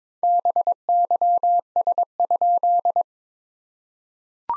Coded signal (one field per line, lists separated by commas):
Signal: Morse code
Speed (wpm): 22 wpm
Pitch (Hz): 700 Hz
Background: none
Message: BYS?